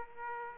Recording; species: mosquito wingbeat signal from an infrared sensor; Aedes aegypti